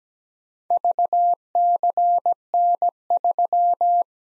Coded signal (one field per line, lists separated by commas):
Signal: Morse code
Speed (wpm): 17 wpm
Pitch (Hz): 700 Hz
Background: none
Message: VCN3